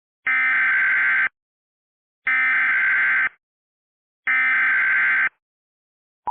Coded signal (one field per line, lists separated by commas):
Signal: Emergency Alert System (SAME) tones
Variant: header bursts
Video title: EAS Recreation (05/31/13): El Reno OK Tornado Emergency